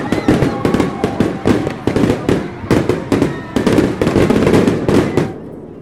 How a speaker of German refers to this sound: Ein Feuerwerk zerplatzt am Himmel. Höhepunkt des Abends.